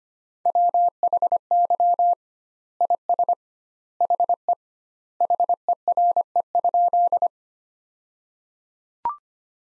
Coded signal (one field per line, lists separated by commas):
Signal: Morse code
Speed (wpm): 25 wpm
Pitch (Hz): 700 Hz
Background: none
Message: WHY IS HE HERE?